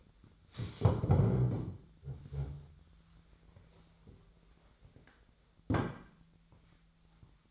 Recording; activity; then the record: daily activity, microphone in the room; stand up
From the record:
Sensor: 3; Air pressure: 1007.9 hPa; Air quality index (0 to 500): 191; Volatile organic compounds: 14 ppm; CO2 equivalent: 2454 ppm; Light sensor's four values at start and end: 12/29/12/12 and 12/28/12/12